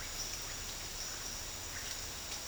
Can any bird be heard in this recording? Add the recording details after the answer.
no. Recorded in dense forest near Puerto Asís, Putumayo, Colombia, on 9 March 2025 at 09:00. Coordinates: 0.484, -76.325. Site G045